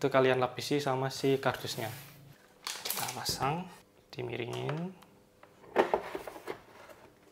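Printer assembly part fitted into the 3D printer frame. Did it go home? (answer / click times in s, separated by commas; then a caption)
no / none. Someone talks while fitting an assembly part at an angle into the frame of a new Bambu Lab A1 3D printer, with brief handling knocks and rustles between the words. The part is still being handled and has not seated or clicked into place yet.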